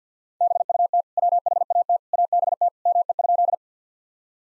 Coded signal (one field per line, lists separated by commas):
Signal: Morse code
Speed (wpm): 45 wpm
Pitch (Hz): 700 Hz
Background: none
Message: BUT WHAT ABT ME?